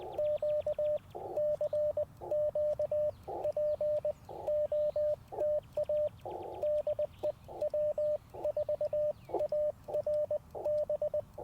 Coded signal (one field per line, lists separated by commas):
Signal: Morse code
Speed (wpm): 20 wpm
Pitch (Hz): 600 Hz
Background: radio noise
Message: Q CQ POTA DE W4ARB